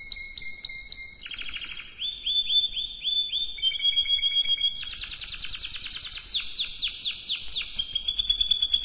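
Canary singing quick repeated notes, then several rolling tours at shifting pitches and a loud run of sweeping downslurred whistles.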